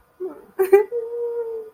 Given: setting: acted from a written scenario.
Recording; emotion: vocal sound without words; sadness